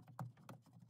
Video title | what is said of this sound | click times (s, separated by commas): Replace Sea doo GTX ignition coils (1998 -2005) | and push it in until it locks in place | 0.2 s